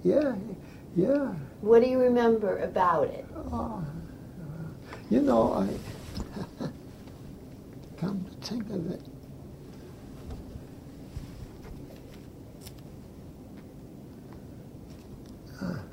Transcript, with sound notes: Yeah yeah.
What do you remember about it?
Ah you know I (laughs) come to think of it -- ah